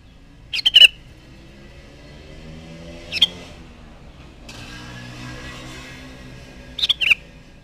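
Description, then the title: Sooty-headed bulbul song: three short bubbly phrases spaced a few seconds apart, with soft low background hum. "Kutilang"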